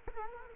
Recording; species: mosquito wingbeat signal from an infrared sensor; Culex quinquefasciatus